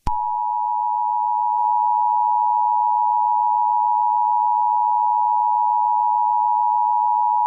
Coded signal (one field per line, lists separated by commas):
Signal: Emergency Alert System (SAME) tones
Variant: 853 and 960 Hz attention tone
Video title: EAS Scenario | Toy Story 5: Plastic Rebellion (#92)